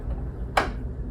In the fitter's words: Okay, so that's the click.